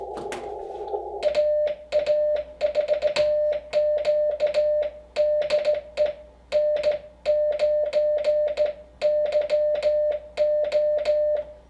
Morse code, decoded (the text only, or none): AA4Q DE N9YO